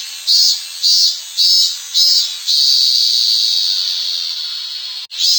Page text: ミンミンゼミの鳴き声-sound-HIRingtone